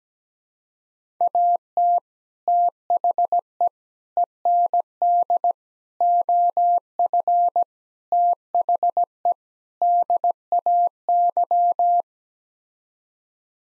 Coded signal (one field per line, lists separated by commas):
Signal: Morse code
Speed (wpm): 17 wpm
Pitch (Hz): 700 Hz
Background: none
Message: AT THE END OF THE DAY